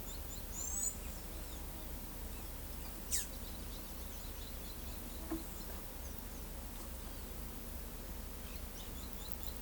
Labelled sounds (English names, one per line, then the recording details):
Palm Tanager
Blue-gray Tanager
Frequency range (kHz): Palm Tanager 5.4-21.8 kHz
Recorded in pastures near Pivijay, Magdalena, Colombia, on 5 June 2023 at 14:00
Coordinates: 10.456, -74.369
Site P6-G026